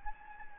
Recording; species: mosquito wingbeat signal from an infrared sensor; Anopheles gambiae